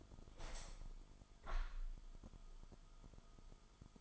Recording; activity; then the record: daily activity, microphone in the room; open window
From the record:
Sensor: 5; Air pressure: 1004.7 hPa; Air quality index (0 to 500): 86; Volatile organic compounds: 2 ppm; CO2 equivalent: 1032 ppm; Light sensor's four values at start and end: 34/80/32/31 and 34/80/32/31